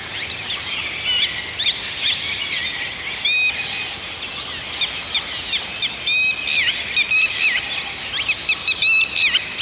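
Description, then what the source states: Bird song: scattered sharp high chirps and quick whistled notes from several birds, some rising and falling, above a constant soft hiss. Birds singing in a forest.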